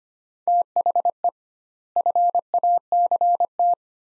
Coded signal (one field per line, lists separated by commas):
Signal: Morse code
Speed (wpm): 25 wpm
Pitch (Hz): 700 Hz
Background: none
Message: THE FACT